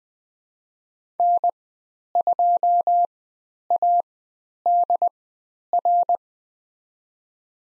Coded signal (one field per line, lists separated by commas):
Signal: Morse code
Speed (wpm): 20 wpm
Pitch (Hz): 700 Hz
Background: none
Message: N2ADR